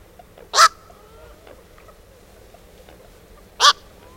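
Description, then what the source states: Black-crowned Night Heron calls: two short, harsh, barking squawks about three seconds apart over a quiet background. Wetland bird, heard at night.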